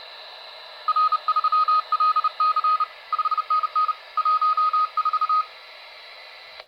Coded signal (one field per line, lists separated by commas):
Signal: Morse code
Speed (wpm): 30 wpm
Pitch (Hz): 1250 Hz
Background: radio noise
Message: R3LC 5NN 14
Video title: TYT TH-9800 and home made oscilator for receiving CW + SSB + FT8, from UR5GAW